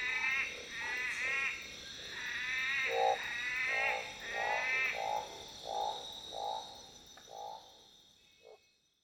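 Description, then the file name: Tree frogs calling in a chorus: nasal, bleating harmonic notes in overlapping bursts, with lower short notes repeated about once a second, over a steady high hiss. Recorded at Black Mountain at night, 21:53 on 13 November 2013. "21 h 53 m 17 s 13 nov 2013 Black Mountain Night 3-OT-Treefrog"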